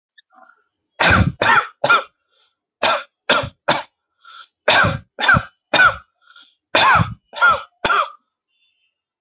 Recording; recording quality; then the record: shallow voluntary cough; excellent, no background noise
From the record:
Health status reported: exposed to COVID-19, no respiratory illness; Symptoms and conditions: cough, cold, sore throat, loss of smell and taste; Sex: male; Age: 19 years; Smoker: not ticked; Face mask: not worn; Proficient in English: yes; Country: India